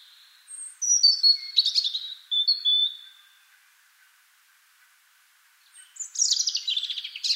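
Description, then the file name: European robin singing high, thin whistled notes and sliding trills in a rapid varied phrase, then a pause of about two seconds before another jumbled high phrase. "Erithacus rubecula"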